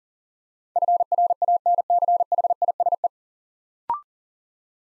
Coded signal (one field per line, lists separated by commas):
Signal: Morse code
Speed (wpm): 40 wpm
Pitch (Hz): 700 Hz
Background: none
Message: FRANCHISE